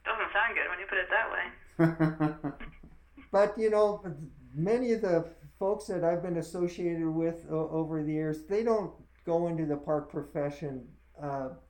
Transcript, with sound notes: Doesn’t sound good when you put it that way.
(laughter) But you know, many of the folks that I have been associated with over the years, they don’t go into the park profession uh